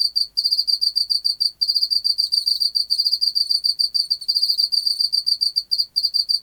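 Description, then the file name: Pacific field cricket song: high, buzzy pulse trains in uneven bursts separated by brief silences. "Teleogryllus oceanicus"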